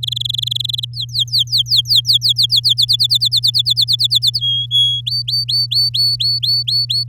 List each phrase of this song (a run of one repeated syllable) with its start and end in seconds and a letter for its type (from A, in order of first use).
0.03-0.85 A, 0.94-2.46 B, 2.49-4.39 C, 4.40-5.01 D, 5.06-7.04 E